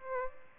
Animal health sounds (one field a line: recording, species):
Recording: mosquito wingbeat signal from an infrared sensor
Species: Aedes albopictus